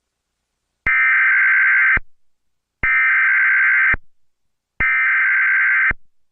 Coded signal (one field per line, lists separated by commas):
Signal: Emergency Alert System (SAME) tones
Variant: header bursts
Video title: Caillou records a Tarnado and gets grounded. WARNING CONTAINS EAS SOUNDS!